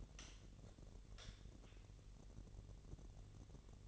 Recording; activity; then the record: daily activity, microphone in the room; light on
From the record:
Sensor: 4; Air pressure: 1012.7 hPa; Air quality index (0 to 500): 250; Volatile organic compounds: 4 ppm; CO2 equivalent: 1690 ppm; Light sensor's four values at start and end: 14/32/13/13 and 16/42/16/17